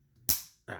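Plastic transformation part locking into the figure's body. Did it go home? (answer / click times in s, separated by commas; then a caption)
yes / 0.3 s. A plastic transformation part of an Earthrise Leader Class Optimus Prime action figure is pushed into position on the figure's body and locks in with one sharp, satisfying click at 0.3 s. A quieter, shorter rustle of plastic handling follows around 0.7 to 0.8 s. The part is seated.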